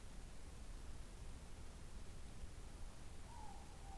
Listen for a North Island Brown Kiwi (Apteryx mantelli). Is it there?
no